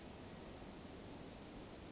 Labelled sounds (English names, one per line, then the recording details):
Brown Creeper
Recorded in Sonoma County, California